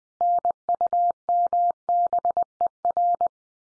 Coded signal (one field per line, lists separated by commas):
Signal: Morse code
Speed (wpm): 20 wpm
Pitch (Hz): 700 Hz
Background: none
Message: NUMBER